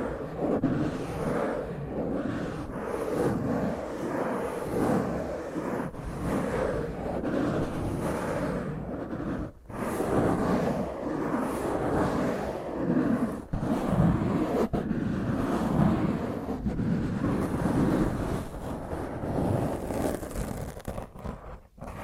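Rough, intense scratching of fingernails across a microphone, a dense grinding scrape that runs almost without pause for about 22 seconds. The sound is heavy and low with a gritty upper rasp, broken by brief dropouts near 9.5, 13.5 and 15 seconds and just before the end.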